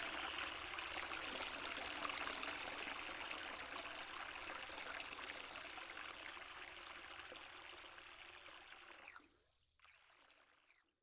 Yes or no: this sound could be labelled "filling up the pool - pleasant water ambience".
yes